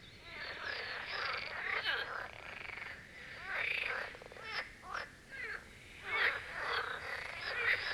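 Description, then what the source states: Marsh frogs in a dense chorus, overlapping rattling croaks swelling and fading across the whole stretch. Chorus at the Birkensee, Schönbuch, Germany, on one of the first proper hot summer days of 2023.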